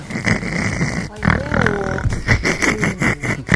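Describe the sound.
A person imitates a pig, letting out a run of rough, nasal grunts and snorting oinks in short bursts, with a brief higher, wavering vocal tone in the middle.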